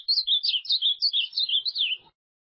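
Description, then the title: Ultramarine grosbeak delivering a brisk phrase of bright, warbled whistles, each note swooping up and down, the song lasting about two seconds. "Azulao"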